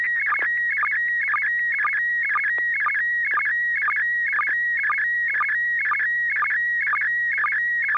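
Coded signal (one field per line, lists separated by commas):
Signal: SSTV (slow-scan television)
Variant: PD120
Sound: warbling whistle around 2 kHz with regular low chirps about twice a second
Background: low hum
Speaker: All right, Bob, thank you. N6PGQ, net control asks for you to give it a go. Okay, this is going to be on PD 120.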